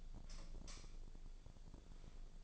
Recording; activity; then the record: daily activity, microphone in the room; light off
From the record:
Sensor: 5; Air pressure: 1009.9 hPa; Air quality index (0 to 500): 159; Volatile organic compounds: 4 ppm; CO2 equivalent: 1550 ppm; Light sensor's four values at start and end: 140/361/150/159 and 140/359/149/158